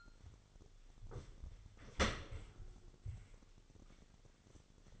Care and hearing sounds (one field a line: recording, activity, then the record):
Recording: daily activity, microphone in the room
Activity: open dishwasher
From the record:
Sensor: 4